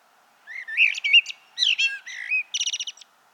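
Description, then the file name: Common blackbird with a flowing whistled warble that breaks into a quick run of five or six high squeaky notes. "Turdus merula"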